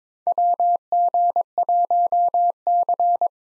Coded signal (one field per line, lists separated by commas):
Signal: Morse code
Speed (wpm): 22 wpm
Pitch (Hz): 700 Hz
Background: none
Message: WG1C